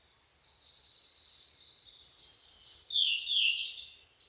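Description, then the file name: Eurasian blackcap song, a hurried scratchy warble that builds in loudness then trails off, with light background hiss. "Sylvia atricapilla"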